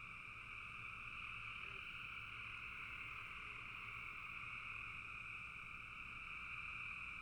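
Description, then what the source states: Frogs heard as a massed chorus, a constant droning trill with a higher and lower band, steady and uninterrupted throughout. Frogs calling in a bog.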